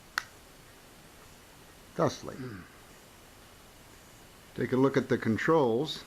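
A plastic battery compartment cover is slid back onto an X5C quadcopter body and snaps shut with a single short, sharp click at 0.2 s, seating the cover in place. After a quiet pause, someone talks.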